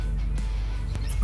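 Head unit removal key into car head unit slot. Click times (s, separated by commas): 1.0 s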